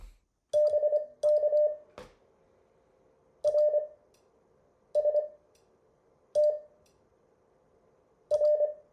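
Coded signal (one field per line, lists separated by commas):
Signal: Morse code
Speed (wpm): 24 wpm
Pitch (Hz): 600 Hz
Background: none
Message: BK RST R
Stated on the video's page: Morse code lesson material from a class session.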